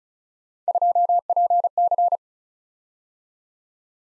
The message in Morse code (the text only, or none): 2PC